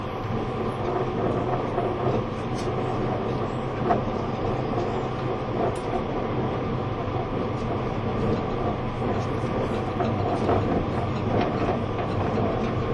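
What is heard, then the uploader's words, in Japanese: A train's running sound: a steady, dense rumble, strongest in the low and middle range, holding an even level throughout. Brief clicks and knocks cut through now and then, near 4, 6, 10 and 11 seconds, over the continuous roll of the carriage. E257系 あずさ19号03 甲府～松本。音の旅(走行音)。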